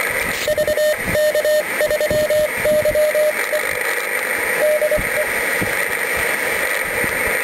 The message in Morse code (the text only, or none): VK3YE DE